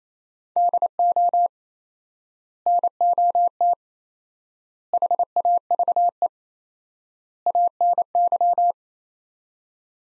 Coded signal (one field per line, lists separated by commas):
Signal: Morse code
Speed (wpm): 28 wpm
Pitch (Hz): 700 Hz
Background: none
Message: DO NOT HAVE ANY